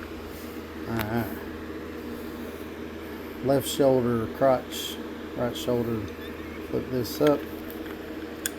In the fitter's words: Flip that up and it locks in place.